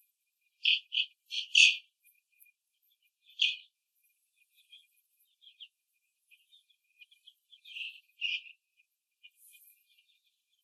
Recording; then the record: young laying hens in a cage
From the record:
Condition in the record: after the stressor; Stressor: simulated dog barking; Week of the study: 2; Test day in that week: 2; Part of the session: 1